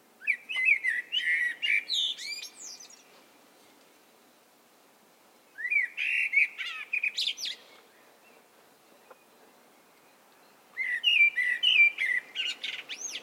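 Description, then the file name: Common blackbird singing three phrases with quiet pauses of about three seconds between them, each opening with low fluty warbling and breaking into shrill, scratchy twittering. "Turdus merula"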